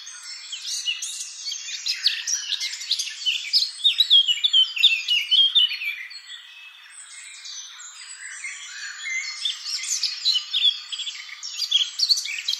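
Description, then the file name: Eurasian blackcap song: loud rapid warbling and whistles, a softer subdued passage in the middle, then the lively chatter rises again. "Sylvia atricapilla"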